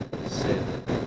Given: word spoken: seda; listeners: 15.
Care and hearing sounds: one Spanish word in noise, from a listening test; noise modulated by three-talker babble; -6.4 dB; 0 of 15; 11 of 15; 0.67 s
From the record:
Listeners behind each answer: 11, 1, 1, 1, 1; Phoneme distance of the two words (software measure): 17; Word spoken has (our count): 2 syllables, 4 phonemes, stress on syllable 1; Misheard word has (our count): 1 syllable, 3 phonemes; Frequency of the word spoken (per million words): 15.77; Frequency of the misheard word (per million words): 1526.78

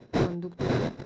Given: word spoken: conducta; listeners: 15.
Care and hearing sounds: one Spanish word in noise, from a listening test; noise modulated by one talker; -9.1 dB; 2 of 15; 9 of 15; 0.66 s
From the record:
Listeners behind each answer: 9, 2, 2, 1, 1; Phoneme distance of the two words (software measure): 17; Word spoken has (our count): 3 syllables, 8 phonemes, stress on syllable 2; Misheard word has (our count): 3 syllables, 9 phonemes, stress on syllable 3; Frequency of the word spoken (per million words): 70.74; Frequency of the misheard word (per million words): 24.07

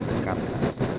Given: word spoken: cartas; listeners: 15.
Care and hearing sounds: one Spanish word in noise, from a listening test; noise modulated by three-talker babble; -5.7 dB; 0 of 15; 6 of 15; 0.59 s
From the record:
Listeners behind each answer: 6, 4, 2, 2, 1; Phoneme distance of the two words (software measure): 17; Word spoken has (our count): 2 syllables, 6 phonemes, stress on syllable 1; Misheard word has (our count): 2 syllables, 5 phonemes, stress on syllable 1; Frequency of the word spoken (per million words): 57.70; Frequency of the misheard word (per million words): 10.60

